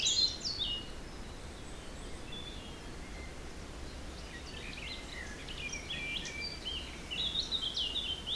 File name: Forest Spring Birds Windy 3 bft 1 pm